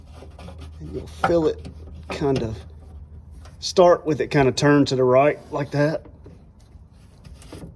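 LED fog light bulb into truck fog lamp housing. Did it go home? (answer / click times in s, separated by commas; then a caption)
yes / 7.4 s. Someone talks while a new Auxito LED fog light bulb is pushed straight into the fog lamp housing of a 2014 RAM truck and turned to the right and down until its locking ears drop in. Faint rubbing sounds accompany the twist, and a small click at 7.4 seconds marks the bulb seating in the housing.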